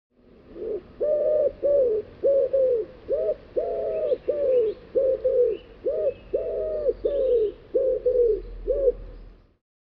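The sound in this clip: Bird giving a steady series of many short, hollow notes with brief gaps between them, faint higher chirps behind.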